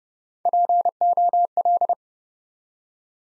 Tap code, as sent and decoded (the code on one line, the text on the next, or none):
none